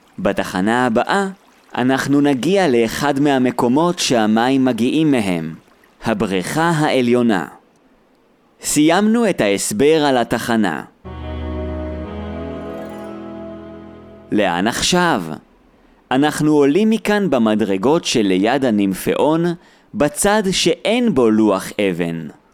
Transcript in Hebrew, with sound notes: בתחנה הבאה אנחנו נגיע לאחד מהמקומות שהמים מגיעים מהם – הבריכה העליונה. סיימנו את ההסבר על התחנה. [אפקט צלצול נעים של פעמון] לאן עכשיו? אנחנו עולים מכאן במדרגות שליד הנימפיאון, בצד שאין בו לוח אבן.